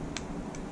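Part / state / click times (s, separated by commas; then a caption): coax cable centre pin into BNC connector body / seated / 0.2 s. The centre pin of a BNC connector on RG59 coax cable is pushed into the metal connector body until it seats with a sharp click at 0.2 s. A fainter tick follows at 0.6 s over a steady low background hum.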